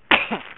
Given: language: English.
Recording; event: throat vibration sensor signal played as sound; cough